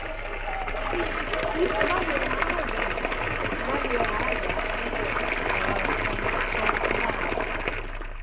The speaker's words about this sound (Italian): Abbeverata in comune, mandra e gente. Le tinnule voci si spengono nel gorgoglio dell'acqua per riprendere subito dopo lungo il pendio.